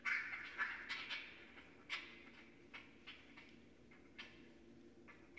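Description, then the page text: Raccoon letting out a loud harsh squeal, then a series of short sharp chitters and clicks that grow sparser. Northern Raccoon recorded remotely at night on 4 January 2012 with an unattended recorder. "Night Sounds, Pt 6 – Raccoons – Stan Courtney. Raccoon 2012 01 04"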